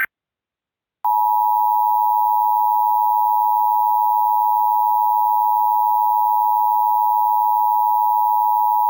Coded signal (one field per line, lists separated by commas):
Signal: Emergency Alert System (SAME) tones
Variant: 853 and 960 Hz attention tone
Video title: EAS Scenario: Return of King Ghidorah (Part IV)